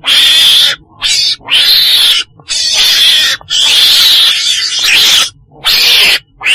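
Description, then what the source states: Weasel giving harsh, hissy screeches in bursts of varying length, separated by short pauses, with a faint whistled tone running through most bursts. Black weasel (chồn đen) calling.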